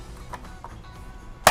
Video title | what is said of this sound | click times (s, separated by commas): TONTON SAMPAI FULL ❗❗ RESTORASI & MODIFIKASI SPEEDOMETER KIJANG SUPER 🔥 BISA TCAKEP GINI HASILNYA | Hitam Ya udah klik ini | 1.5 s